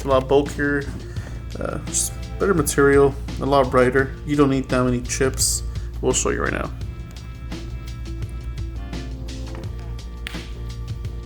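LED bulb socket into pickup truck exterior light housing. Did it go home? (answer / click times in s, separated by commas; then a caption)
yes / 10.3 s. Someone talks over background music as an LED bulb's socket is pushed and twisted back into the exterior light housing of a 2021 GMC Canyon pickup truck. After a few softer handling sounds, a sharp, loud click at 10.3 s marks the socket seating in the housing.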